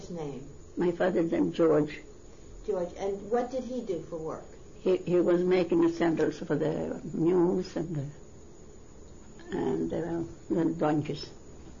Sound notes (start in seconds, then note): none